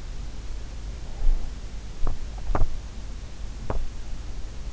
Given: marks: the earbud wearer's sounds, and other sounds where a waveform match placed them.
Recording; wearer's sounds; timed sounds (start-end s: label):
sounds in sleep by an in-ear microphone; teeth grinding
2.02-2.18 s: teeth grinding
2.39-2.77 s: teeth grinding
3.50-4.02 s: teeth grinding